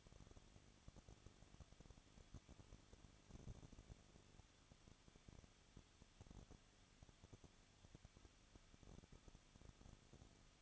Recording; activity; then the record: daily activity, microphone in the room; no activity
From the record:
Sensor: 4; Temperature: 23.0 degrees Celsius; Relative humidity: 34.5%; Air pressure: 1007.2 hPa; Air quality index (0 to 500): 216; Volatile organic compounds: 15 ppm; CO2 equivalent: 2512 ppm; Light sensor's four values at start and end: 2/3/1/1 and 2/3/1/1